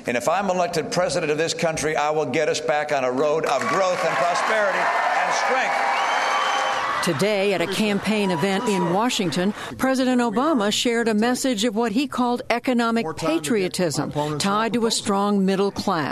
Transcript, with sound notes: And if I'm elected president of this country, I will get us back on a road of growth and prosperity and strength.
(CHEERING AND APPLAUSE) Today, at a campaign event in Washington, President Obama shared a message of what he called economic patriotism tied to a strong middle class.